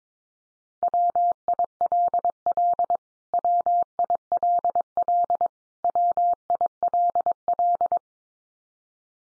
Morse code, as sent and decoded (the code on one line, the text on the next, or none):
.-- .. .-.. .-.. / .-- .. .-.. .-.. / .-- .. .-.. .-..
WILL WILL WILL